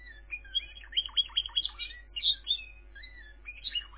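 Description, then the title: Canary singing a quick run of sharp, dropping chirps followed by short whistled slurs and a final trill, over a faint low hum. "kenarijos"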